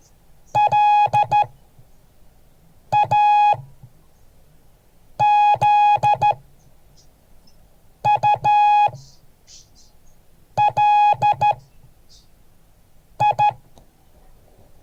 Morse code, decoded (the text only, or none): LAZULI